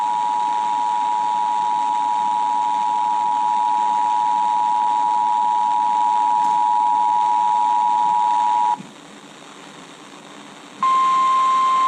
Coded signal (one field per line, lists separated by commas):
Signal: Emergency Alert System (SAME) tones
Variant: 853 and 960 Hz attention tone